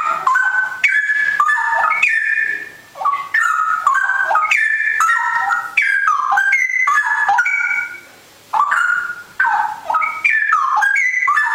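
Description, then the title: Oriental magpie-robin song: a continuous run of clear whistled notes, many sliding downward, varied phrases delivered rapidly with brief pauses. "Kicau Kacer"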